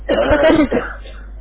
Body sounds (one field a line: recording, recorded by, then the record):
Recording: voluntary cough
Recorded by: telephone call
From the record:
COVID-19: positive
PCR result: checked with the laboratory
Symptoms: no